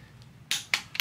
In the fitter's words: and a click over there I set these to 35 foot-pounds